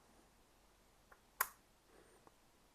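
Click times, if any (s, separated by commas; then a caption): 1.4 s. The cable connector of a Quantum Resonance Crystal Lites demo light set is lined up by its shape and pushed into its socket on the unit. After a faint tick at 1.1 s, a sharp, bright click sounds at 1.4 s, followed by another faint tick at 2.3 s against quiet background. The connector is seated in place.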